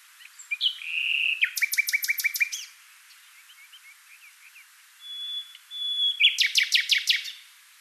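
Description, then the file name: Common nightingale song: a short whistle leading into a rapid run of repeated notes, a pause with faint ticking, then a long thin whistle and another fast series. "Luscinia megarhynchos"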